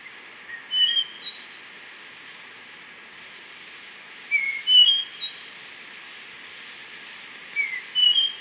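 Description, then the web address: Slaty-backed nightingale-thrush song, clear fluty notes in short high phrases, given three times with pauses of two to three seconds, over a soft steady background hiss. Ecuador. "Birds of Ecuador. Slaty-backed Nightingale-Thrush"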